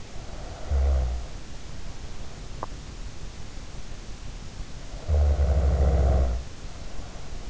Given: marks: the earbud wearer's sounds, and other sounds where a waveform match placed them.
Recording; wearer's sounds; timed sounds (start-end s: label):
sounds in sleep by an in-ear microphone; snoring breath
0.12-2.42 s: snoring breath
4.87-7.50 s: snoring breath